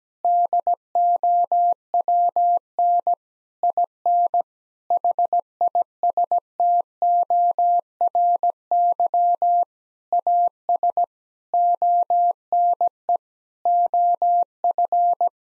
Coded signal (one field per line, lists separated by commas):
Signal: Morse code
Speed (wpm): 17 wpm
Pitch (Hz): 700 Hz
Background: none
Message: DOWN IN HISTORY AS ONE OF